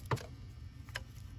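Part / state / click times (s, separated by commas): sensor electrical connector into sensor on intake tube / not seated / none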